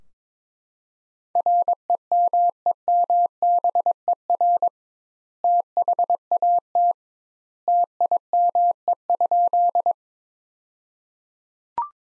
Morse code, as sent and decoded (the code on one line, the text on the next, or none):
.-. . -- . -- -... . .-. / - .... .- - / - .. -- . ..--..
REMEMBER THAT TIME?